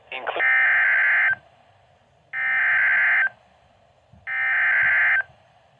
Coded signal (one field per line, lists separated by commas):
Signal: Emergency Alert System (SAME) tones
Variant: header bursts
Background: speech